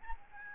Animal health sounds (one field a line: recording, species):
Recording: mosquito wingbeat signal from an infrared sensor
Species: Aedes albopictus